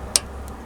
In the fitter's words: until it clicks and there you go there's the new one in place and here's